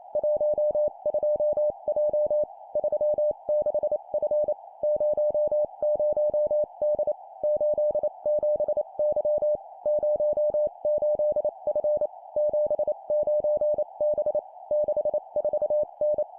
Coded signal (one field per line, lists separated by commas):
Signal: Morse code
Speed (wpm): 28 wpm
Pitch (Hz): 600 Hz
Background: none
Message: 12J 36F 00D 87Y 08F 79B 64N